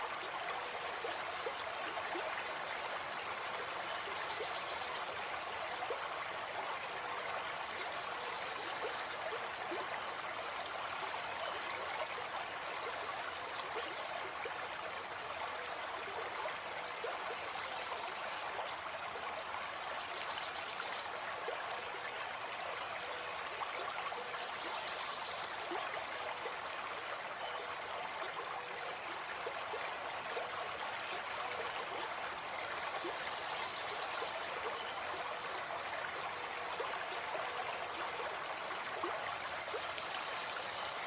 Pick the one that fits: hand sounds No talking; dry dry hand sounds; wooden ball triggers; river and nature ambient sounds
river and nature ambient sounds